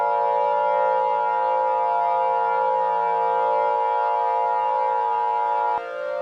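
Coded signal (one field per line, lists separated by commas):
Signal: Emergency Alert System (SAME) tones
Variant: 853 and 960 Hz attention tone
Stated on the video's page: Fictional EAS scenario using valid SAME tones that can activate SAME equipment.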